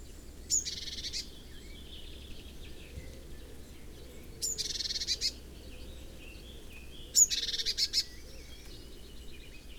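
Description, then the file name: Eurasian blue tit calls: three bouts, each a thin high note followed by a buzzy, scolding churr, spaced a few seconds apart over a soft low background rumble. "Cyanistes caeruleus"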